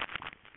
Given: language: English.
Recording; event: throat vibration sensor signal played as sound; swallow